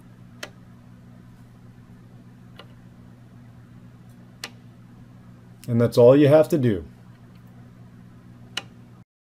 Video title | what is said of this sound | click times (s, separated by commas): How To Use A Microscope | until they click into place as you can hear in this clip | 0.4 s, 4.4 s